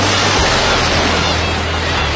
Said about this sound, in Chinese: 有多久没有听到大海的涛声了？